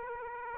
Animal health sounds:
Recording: mosquito wingbeat signal from an infrared sensor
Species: Aedes aegypti

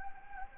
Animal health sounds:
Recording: mosquito wingbeat signal from an infrared sensor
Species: Anopheles gambiae

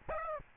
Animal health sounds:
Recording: mosquito wingbeat signal from an infrared sensor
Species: Aedes albopictus

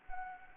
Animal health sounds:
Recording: mosquito wingbeat signal from an infrared sensor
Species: Anopheles arabiensis

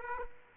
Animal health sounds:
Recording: mosquito wingbeat signal from an infrared sensor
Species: Aedes aegypti

